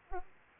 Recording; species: mosquito wingbeat signal from an infrared sensor; Aedes aegypti